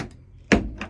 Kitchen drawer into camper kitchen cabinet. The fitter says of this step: Stalčių daug. Užsifiksuoja.